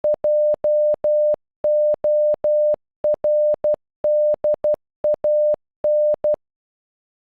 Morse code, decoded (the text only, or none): JORDAN